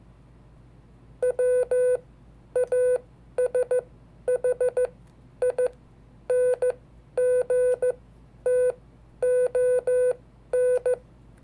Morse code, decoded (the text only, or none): WASHINGTON